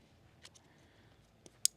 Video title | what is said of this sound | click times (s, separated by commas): 2024 Jeep Wrangler LED Headlights & Taillights Upgrade | is going to go into the factory headlight connection like so you'll hear a click | 1.6 s